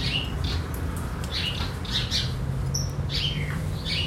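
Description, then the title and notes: Birds giving short, high, down-slurred chirps in quick succession, with a low steady hum underneath. Birds in a field among araucaria trees, the region's typical vegetation, in an area away from the city, R. Antonio José Pilatti, Bairro Vederti, Chapecó, Santa Catarina, Brazil. "R. Antonio José Pilatti, 53-Bairro Vederti, Chapecó - SC, 89808-758, Brasil - Pássaros no campo. pássaros em uma área afastada da cidade entre araucárias, que representam a vegetação da região"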